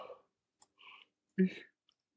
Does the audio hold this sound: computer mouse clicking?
yes